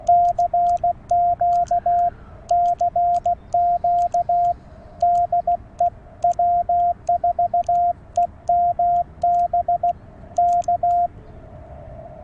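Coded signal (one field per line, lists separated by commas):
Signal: Morse code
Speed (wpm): 16 wpm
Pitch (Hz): 700 Hz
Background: radio noise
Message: CQ CQ DE W4EMB K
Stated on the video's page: CW parks on the air activation with a Penntek TR45-L radio, offered as copy practice.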